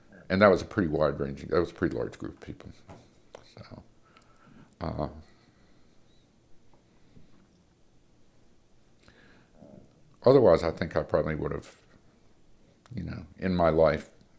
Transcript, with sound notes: And that was a pretty wide-ranging—it was a pretty large group of people. [pause] Otherwise I think I probably would have—in my life,